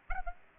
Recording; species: mosquito wingbeat signal from an infrared sensor; Aedes aegypti